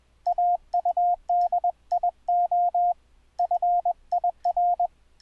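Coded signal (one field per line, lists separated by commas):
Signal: Morse code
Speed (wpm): 20 wpm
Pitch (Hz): 700 Hz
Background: radio noise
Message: AUDIO FIR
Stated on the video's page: Audio CW sidetone sent over the internet using Mumble, not radio, full QSK.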